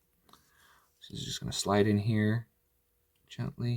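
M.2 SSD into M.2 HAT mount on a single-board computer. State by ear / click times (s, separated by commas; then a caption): not seated / none. An M.2 SSD is slid gently into its mount on an M.2 HAT on a Raspberry Pi single-board computer while someone talks. A faint tick comes at about 0.3 s, followed by speech. Nothing has seated or clicked yet; the drive is not yet home when the clip ends.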